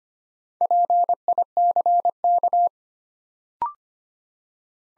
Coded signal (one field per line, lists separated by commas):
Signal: Morse code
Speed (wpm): 25 wpm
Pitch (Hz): 700 Hz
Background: none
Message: PICK